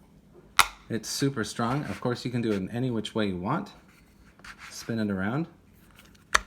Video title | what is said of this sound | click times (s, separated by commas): ROKFORM MagSafe Sport Ring With Stand MAGMAX Tech & Eagle 3 Case Review 5-5-23 | piece but a very satisfying snap | 0.6 s